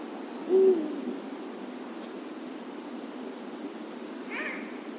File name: Uhu - Bubo bubo